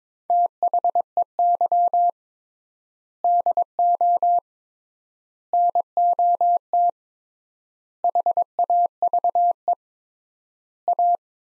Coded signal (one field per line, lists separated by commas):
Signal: Morse code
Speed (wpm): 22 wpm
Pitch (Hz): 700 Hz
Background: none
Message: THEY DO NOT HAVE A